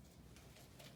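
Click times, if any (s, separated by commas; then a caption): none. A closure clip is handled on the folded drainable end of a plastic ostomy pouch, with faint rustles around 0.4, 0.6 and 0.9 s over a steady low hum. Nothing has snapped shut or seated yet.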